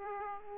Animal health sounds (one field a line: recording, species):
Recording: mosquito wingbeat signal from an infrared sensor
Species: Aedes aegypti